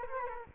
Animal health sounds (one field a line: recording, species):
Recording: mosquito wingbeat signal from an infrared sensor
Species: Culex quinquefasciatus